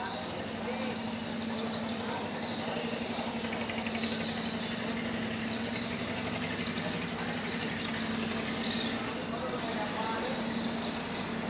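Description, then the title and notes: Swiftlet colony twittering in a high, shimmering chorus, with a low continuous hum and occasional louder chirps. Swiftlet colony nesting in concrete corners under Pasar Sentral bridge, Pangkajene; flying around the bridge, foraging over housing and busy open market; heard every morning. "Kolong Walet. Burung Walet yang bersarang di sudut-sudut beton bawah Jembatan Pasar Sentral Pangkajene"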